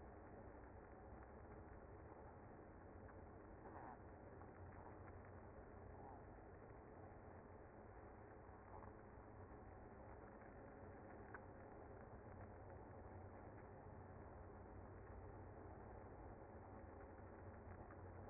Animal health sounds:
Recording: honeybee colony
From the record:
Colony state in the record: active

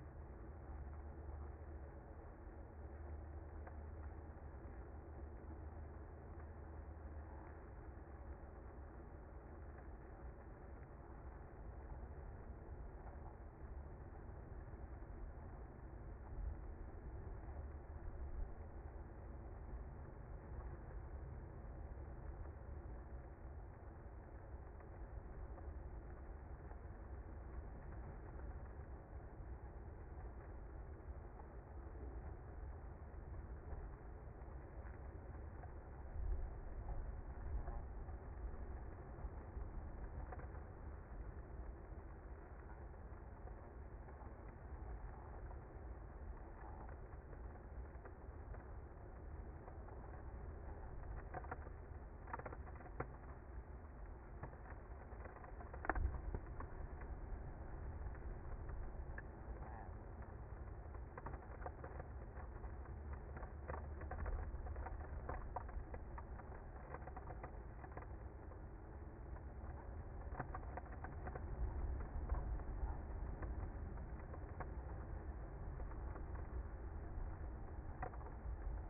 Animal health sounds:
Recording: honeybee colony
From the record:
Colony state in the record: active

